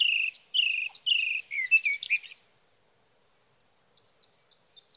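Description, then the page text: Sage thrasher song of a few buzzy slurred phrases and quick warbles lasting about two seconds, followed by silence and scattered faint high chips. Male singing through the night near his night roost, evening of June 12 to morning of June 15, 2018, Sierra Valley, California; night songs, captured with a Swift recorder. "Sage thrasher songs, through the night. from the evening of June 12 to the morning of June 15, 2018, in Sierra Valley, California"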